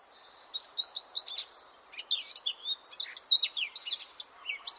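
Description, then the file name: Eurasian blackcap song: a continuous, jumbled stream of quick chirps and short whistled notes, scratchy and varied. "Sylvia atricapilla"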